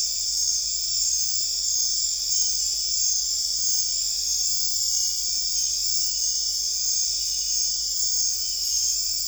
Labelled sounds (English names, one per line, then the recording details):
none
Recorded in dense forest near Puerto Asís, Putumayo, Colombia, on 20 December 2024 at 22:00
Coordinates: 0.482, -76.320
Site G021